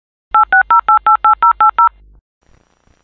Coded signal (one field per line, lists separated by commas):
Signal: DTMF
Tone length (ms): 120 ms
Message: 860888080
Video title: Dial Up Internet Sound / Popular Sounds / #copyrightfree / [Copyright Free Home & Office Sounds]